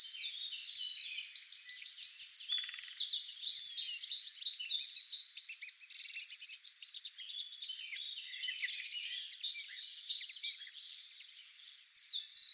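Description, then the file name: Eurasian wren song: a rapid, high, tumbling run of trills and sharp notes for about five seconds, then a softer, scratchier passage and a second trilled run. "Troglodytes troglodytes"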